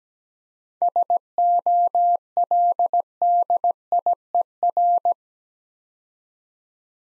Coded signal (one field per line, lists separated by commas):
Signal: Morse code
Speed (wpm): 17 wpm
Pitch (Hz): 700 Hz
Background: none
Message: SOLDIER